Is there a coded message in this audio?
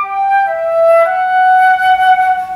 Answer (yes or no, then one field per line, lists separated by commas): no